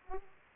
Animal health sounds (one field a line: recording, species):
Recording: mosquito wingbeat signal from an infrared sensor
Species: Aedes aegypti